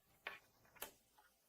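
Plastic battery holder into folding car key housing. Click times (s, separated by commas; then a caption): 0.3 s. A plastic battery holder with a metal insert is slid from the bottom into a Fiat/Peugeot/Citroën folding car key housing. It clicks into place at 0.3 s around the plastic notch at the back that keeps it in position. A second sharp click follows at 0.8 s, and the holder is seated.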